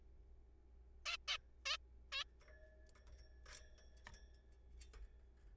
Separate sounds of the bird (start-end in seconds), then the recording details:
1.06-1.17, 1.28-1.37, 1.66-1.77, 2.12-2.24. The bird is a juvenile. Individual R3428